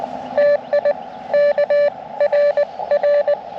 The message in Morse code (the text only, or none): TI KRR